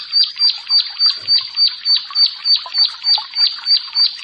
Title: Ciblek Sawah 1